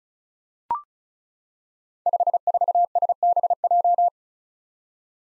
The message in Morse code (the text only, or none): 54SBJ